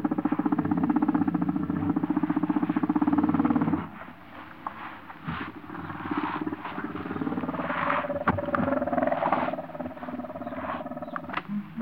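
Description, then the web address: Common warthog growling, a rapid buzzy pulsing grunt for about four seconds, then rougher scattered snarls and snorts with some sharp clicks. Close-up growls and snarls of warthogs, Africa. "BBC Sound Effects Library - Complete 60 CDs Collection Sound Effects Library (Africa- The Natural World) Wart Hogs- close up growls, snarls"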